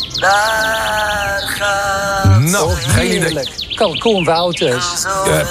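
Loud, warbling bird calls repeat throughout, with rapid rising and falling pitch sweeps and a bleat-like, quavering tone, overlapping in bursts with no one speaking.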